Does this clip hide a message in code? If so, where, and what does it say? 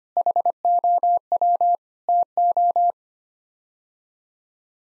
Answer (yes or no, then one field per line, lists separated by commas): yes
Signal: Morse code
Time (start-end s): 0.2-2.9 s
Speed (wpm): 25 wpm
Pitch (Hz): 700 Hz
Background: none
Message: HOW TO